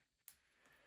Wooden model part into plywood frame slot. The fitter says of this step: up or down a little bit and then it should snap right in.